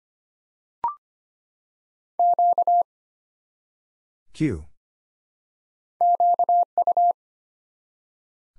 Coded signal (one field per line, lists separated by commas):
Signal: Morse code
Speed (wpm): 25 wpm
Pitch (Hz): 700 Hz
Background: none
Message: Q QU